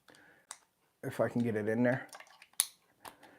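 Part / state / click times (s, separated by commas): action camera quick-release mount into chest/tripod mount base / seated / 2.6 s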